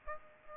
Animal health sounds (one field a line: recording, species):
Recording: mosquito wingbeat signal from an infrared sensor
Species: Aedes aegypti